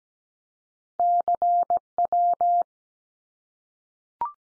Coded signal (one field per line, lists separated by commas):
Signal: Morse code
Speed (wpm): 17 wpm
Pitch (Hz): 700 Hz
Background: none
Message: CW